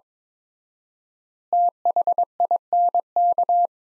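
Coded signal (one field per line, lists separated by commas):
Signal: Morse code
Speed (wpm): 22 wpm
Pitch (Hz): 700 Hz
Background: none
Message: THINK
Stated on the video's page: Morse practice sentences from the top 200 words at 22 wpm with 4x standard word spacing, a word-level analogue of Farnsworth spacing.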